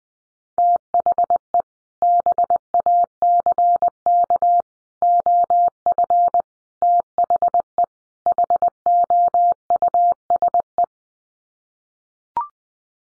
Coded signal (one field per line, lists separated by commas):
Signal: Morse code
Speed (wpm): 19 wpm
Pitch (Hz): 700 Hz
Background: none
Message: THE BACK OF THE HOUSE